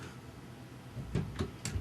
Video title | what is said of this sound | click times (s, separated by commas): ram replacement | you'll hear a snap now both of these ends will be up it'll be secure you cannot pull it out | 1.7 s